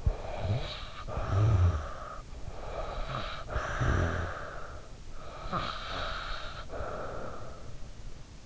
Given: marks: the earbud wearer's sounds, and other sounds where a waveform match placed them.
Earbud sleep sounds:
sounds in sleep by an in-ear microphone; snoring breath
0.00-2.27 s: snoring breath
2.50-5.00 s: snoring breath
5.34-7.80 s: snoring breath

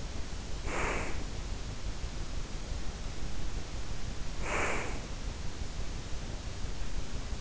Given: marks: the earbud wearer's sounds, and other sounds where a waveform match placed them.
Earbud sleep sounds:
sounds in sleep by an in-ear microphone; breath
0.52-1.43 s: breath
4.09-5.30 s: breath

